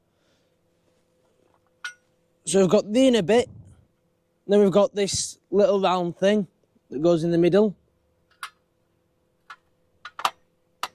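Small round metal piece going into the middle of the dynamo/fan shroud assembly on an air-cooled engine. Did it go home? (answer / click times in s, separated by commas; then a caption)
yes / 10.8 s. While fitting engine tinware around the dynamo on a classic VW air-cooled Beetle, Bus or Karmann Ghia engine, someone talks, then a small round metal piece is placed in the middle of the dynamo/fan shroud assembly and pushed home with a few short, sharp metallic taps. The last and strongest hit at 10.8 s is the piece clicking into place, seated.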